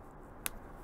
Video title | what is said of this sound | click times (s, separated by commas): Working in the Garden - Finishing Drip and Mulching (it's -1C/30F 🥶!!) | and you'll hear a pop when it goes in | 0.5 s